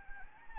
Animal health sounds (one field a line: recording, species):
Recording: mosquito wingbeat signal from an infrared sensor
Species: Anopheles arabiensis